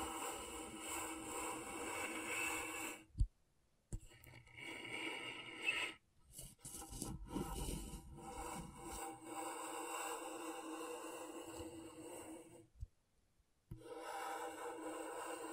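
Scratching on a scratchboard: a steady, dense scraping and rubbing texture, gritty and fairly bright, running in long strokes. Brief silences break it near 3 and 13 seconds, and around 6 to 9 seconds the scratches turn choppier with a few quick pauses.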